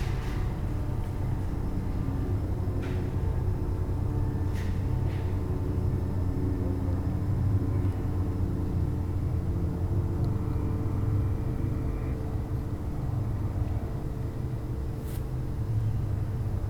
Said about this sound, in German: Ich weiß nicht, oder höre ich die? Flugzeuge. Also ich höre Töne. Also ein Flugzeug surrt da oben noch rum.